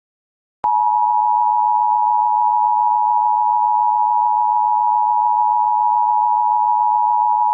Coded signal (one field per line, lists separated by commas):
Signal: Emergency Alert System (SAME) tones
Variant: 853 and 960 Hz attention tone